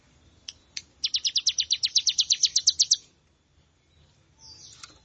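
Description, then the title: Plain prinia delivers a single two-second run of fast, high, wheezy notes, preceded by two short chips. "Ciblek Sawah"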